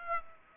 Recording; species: mosquito wingbeat signal from an infrared sensor; Aedes aegypti